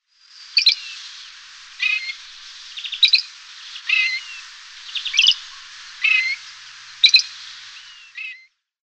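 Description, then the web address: Great grey shrike song: short scratchy and whistled phrases, some with clicky double notes, given about once a second in a steady series. "Schulze Peter Great Grey Shrike song"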